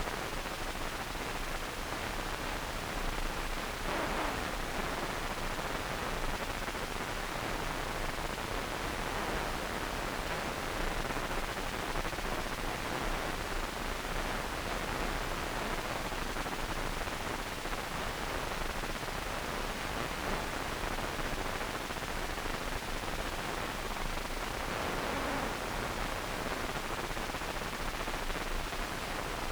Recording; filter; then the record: brain microelectrode recording played as sound; wide band, above 20 Hz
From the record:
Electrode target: subthalamic nucleus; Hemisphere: right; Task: reaching with the left hand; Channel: 2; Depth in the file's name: 1.506 mm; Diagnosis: Parkinson's disease